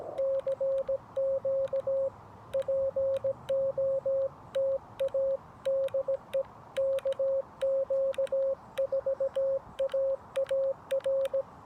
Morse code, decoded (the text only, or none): CQ POTA DE KQ4AAR